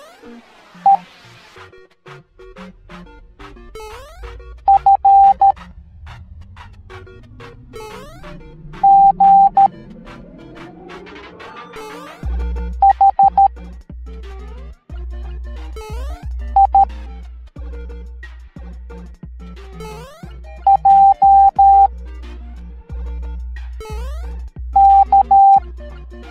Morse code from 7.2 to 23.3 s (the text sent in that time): G H I J